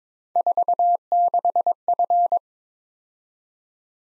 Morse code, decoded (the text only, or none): 46F